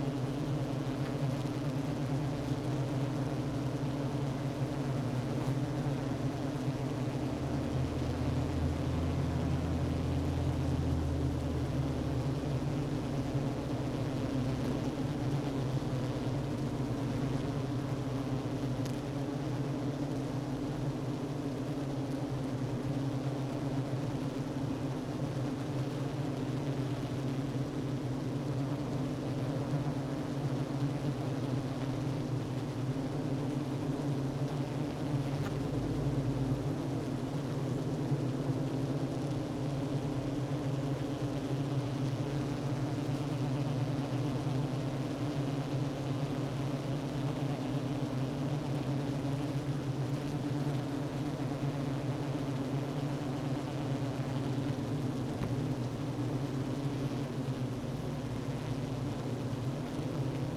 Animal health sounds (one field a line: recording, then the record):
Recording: honeybee colony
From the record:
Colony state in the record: active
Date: 12 June 2018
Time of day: 10:38